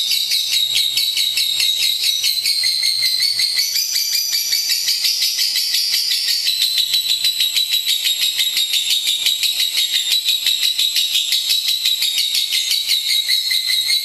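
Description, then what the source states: Lovebird song: a sustained high, rasping chattering trill, very fast and steady, gently rising and falling in pitch, with a faint low hum at first. National champion lovebird.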